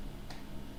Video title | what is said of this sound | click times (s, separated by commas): Setup Raspberry Pi Zero W via USB - No Monitor or WiFi Needed | See, it's perfectly snapped in. You guys heard that little sound. | 0.3 s